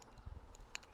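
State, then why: Seated. A Garmin smartwatch body (Enduro 3 / Fenix 6/7/8 type) with its band removed is hooked in at the top, then its bottom is pushed down into a plastic Garmin QuickFit quarter-turn bike mount adapter. Soft low bumps around 0.3 s and faint ticks lead to a sharp, bright snap at 0.8 s. The watch is seated securely in the adapter.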